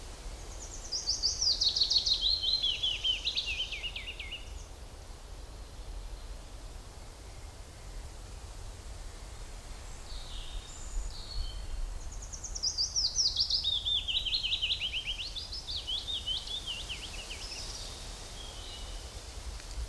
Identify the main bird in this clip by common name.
Willow Warbler